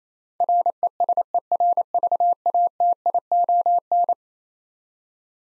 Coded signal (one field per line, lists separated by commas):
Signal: Morse code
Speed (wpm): 28 wpm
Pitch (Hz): 700 Hz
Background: none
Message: RESERVATION